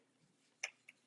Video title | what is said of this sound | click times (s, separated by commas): 2017-2022 VOLVO V90 5-dr Wagon with Flush Side Rails - Thule's Best Roof Rack Crossbars | back to this side and then you would continue tightening until you get a an audible and tactile click with this handle | 0.6 s